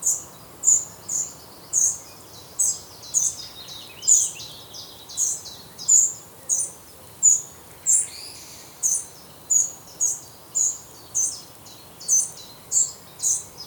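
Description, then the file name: Eurasian wren calls: short, sharp, high ticking notes repeated steadily about every half second to second throughout, over faint low background hiss. "Troglodytes troglodytes"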